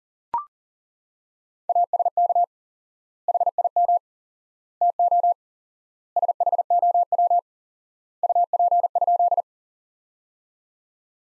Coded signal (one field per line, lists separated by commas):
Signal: Morse code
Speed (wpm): 40 wpm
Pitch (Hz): 700 Hz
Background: none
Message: ASK HIM TO SHOW UP?